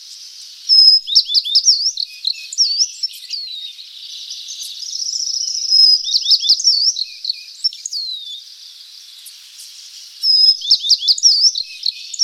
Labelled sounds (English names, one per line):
Tristram's Bunting song